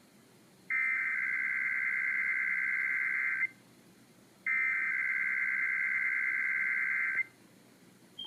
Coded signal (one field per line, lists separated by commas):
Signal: Emergency Alert System (SAME) tones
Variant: header bursts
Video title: [EAS #42-48] San Francisco, Sacramento, and Fresno's Required Monthly Tests